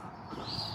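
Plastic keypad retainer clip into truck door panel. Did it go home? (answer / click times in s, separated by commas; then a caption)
no / none. A plastic retainer clip for the exterior door keypad of a Ford F250 truck is hooked at the bottom and wiggled into the door panel opening. Only steady, low handling and rubbing noise is heard, with no sharp transients. Nothing has seated or clicked yet.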